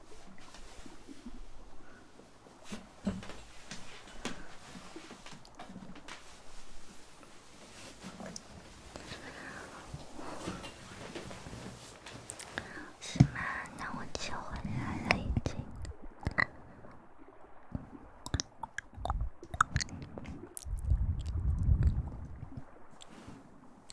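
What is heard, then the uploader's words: Mouth sounds and hand movements: soft wet clicks, smacks and brief rustles scattered through the whole stretch. A low steady rumble runs underneath, and the sounds grow denser and louder after about thirteen seconds, with a heavy thumping burst near twenty-one seconds. Mouth sounds, hand movements at sensitivity.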